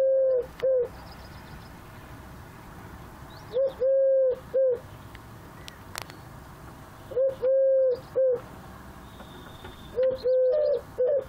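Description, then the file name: Eurasian collared dove song: a three-note coo, short, long, short, repeated four times about every three and a half seconds, the first cut short. "Tourterelle Turque Eurasian Collared Dove Chant"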